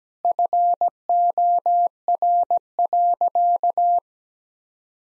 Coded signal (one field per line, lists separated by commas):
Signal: Morse code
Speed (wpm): 17 wpm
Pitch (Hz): 700 Hz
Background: none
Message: FOR.